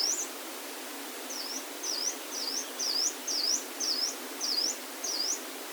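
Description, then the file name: Yellow-browed warbler singing a series of about nine high, thin, dipping notes, each a quick down-and-up slur, repeated roughly every half second over a soft steady hiss. Recorded at Norikura on 23 June 2021. "kimayumushikui norikura ijima"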